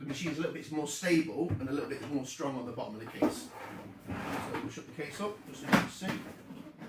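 Someone talks while handling a rebreather carry case, which holds a machine fitted with a stainless steel base plate, as the case is about to be shut with its rubber latches. Soft handling and knocking sounds are heard under the talking. Nothing has seated or clicked yet, and the rubber latches have not popped into place by the end.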